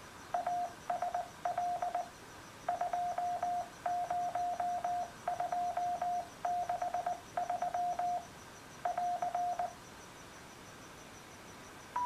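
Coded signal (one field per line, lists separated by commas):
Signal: Morse code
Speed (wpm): 20 wpm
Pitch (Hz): 710 Hz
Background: none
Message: ASL 20263 <AR>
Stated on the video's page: Morse from a Vaisala RS41 radiosonde reprogrammed with RS41HUP custom firmware.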